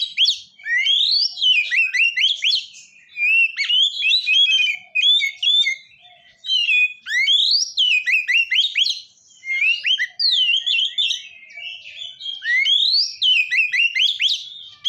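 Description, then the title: Oriental magpie-robin pouring out a continuous, energetic song of rapid rising and falling whistles and chatters, grouped in dense bursts. "kacer"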